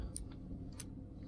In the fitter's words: it's the same type of deal where it swings over and it locks into place